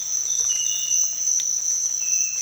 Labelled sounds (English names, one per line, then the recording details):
none
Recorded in dense forest near Puerto Asís, Putumayo, Colombia, on 25 June 2025 at 06:00
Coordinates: 0.468, -76.322
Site GP03